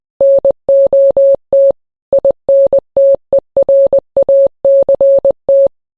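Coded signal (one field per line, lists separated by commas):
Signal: Morse code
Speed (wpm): 20 wpm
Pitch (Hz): 550 Hz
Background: none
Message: NOT INTERACT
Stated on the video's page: Fictional analog-horror recreation presented as an intercepted shortwave Morse transmission from an unknown source, repeating a warning.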